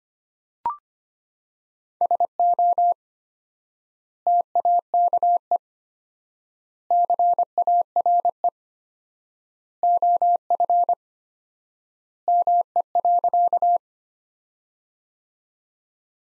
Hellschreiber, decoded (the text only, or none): none